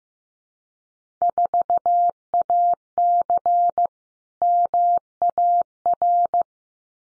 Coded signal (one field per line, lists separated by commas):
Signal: Morse code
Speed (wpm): 15 wpm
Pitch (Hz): 700 Hz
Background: none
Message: 4AC MAR